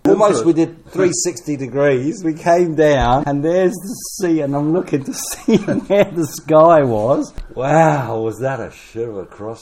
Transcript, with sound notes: almost we did 360 degrees; we came down and there’s the sea; and I’m looking to [chuckle] see where the sky was. Wow! Was that a sh– of a crossing!